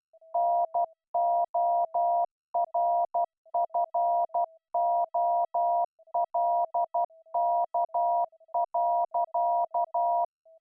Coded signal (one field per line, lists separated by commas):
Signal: Morse code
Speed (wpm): 12 wpm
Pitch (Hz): 690 Hz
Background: none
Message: NORFOLK.